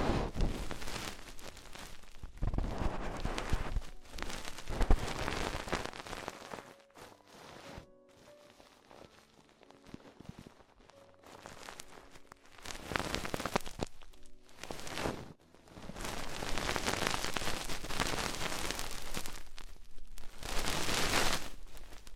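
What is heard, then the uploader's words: Crinkly brushing and scratching sounds right against the ears, coming in dense, bright bursts that swell and fade every few seconds. Quieter stretches around seven to twelve seconds and near fifteen seconds carry softer tapping and faint tonal squeaks before the rustling returns. ASMR Extremely Tingly Ear Exploration (No Talking).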